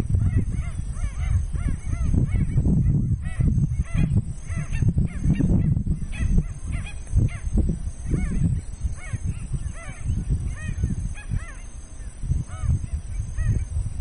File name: canto do pernilongo de costas brancas